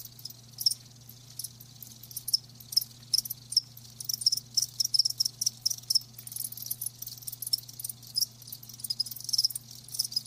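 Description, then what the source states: Crickets chirping continuously, a thin high trill with louder clusters of clear notes scattered throughout, over a quiet hum. Live crickets chirping, a lulling song.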